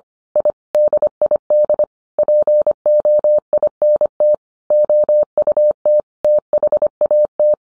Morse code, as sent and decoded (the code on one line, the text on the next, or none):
.. / -.. .. -.. / .--. --- .. -. - / --- ..- - / - .... .- -
I DID POINT OUT THAT